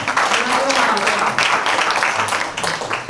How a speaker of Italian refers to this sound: Un applausino, dai, ci sta.